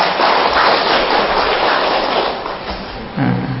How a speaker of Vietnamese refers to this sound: Rồi đúng, cho chàng pháo tay.